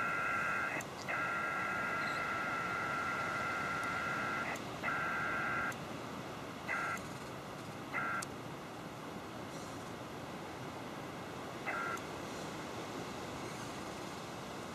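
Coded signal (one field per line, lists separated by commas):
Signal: HF data modem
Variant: PACTOR-II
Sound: steady buzzing two-tone data warble, briefly interrupted a few times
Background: radio static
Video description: P2 mode was used for this connection because of the 30m frequency (Canadian Regs!).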